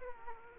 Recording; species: mosquito wingbeat signal from an infrared sensor; Aedes aegypti